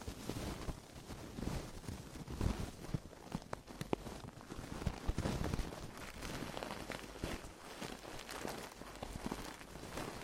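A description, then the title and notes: Deep ear cleaning sounds, a dense, continuous run of scratchy rustling and crackling with frequent sharp clicks and taps scattered throughout. Low muffled rumbling and thumps sit underneath, and the loudness stays fairly even across the ten seconds. ASMR DEEP Ear Penetrating Cleaning (No Talking).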